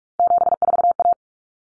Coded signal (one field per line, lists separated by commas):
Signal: Morse code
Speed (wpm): 44 wpm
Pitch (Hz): 700 Hz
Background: none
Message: 74A